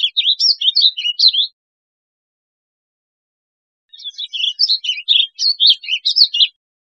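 Warbling vireo with two hurried warbling phrases of jumbled, slurred notes, separated by a silent gap of about two and a half seconds.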